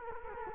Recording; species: mosquito wingbeat signal from an infrared sensor; Culex quinquefasciatus